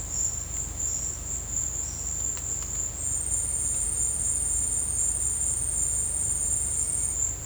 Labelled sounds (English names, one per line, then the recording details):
none
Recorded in dense forest near Puerto Asís, Putumayo, Colombia, on 22 December 2024 at 13:00
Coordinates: 0.481, -76.323
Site G100